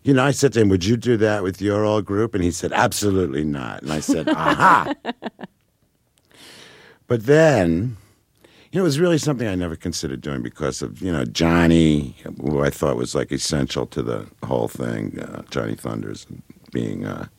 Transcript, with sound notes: you know, I said to him, `Would you do that with your old group?' and he said, `Absolutely not.' And I said, `Aha!' (Laughs) But then, you know, it was really something I never considered doing because of, you know, Johnny, who I thought was, like, essential to the whole thing--Johnny Thunder, being